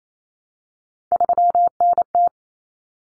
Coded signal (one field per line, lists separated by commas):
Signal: Morse code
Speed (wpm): 28 wpm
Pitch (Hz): 700 Hz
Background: none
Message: 3NT